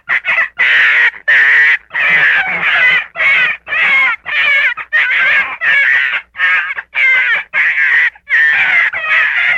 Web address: Fox Gray